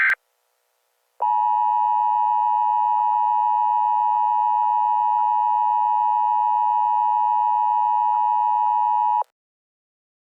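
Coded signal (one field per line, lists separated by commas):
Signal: Emergency Alert System (SAME) tones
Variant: 853 and 960 Hz attention tone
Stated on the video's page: Valid EAS tones in a fictional mockup scenario about giant spiders.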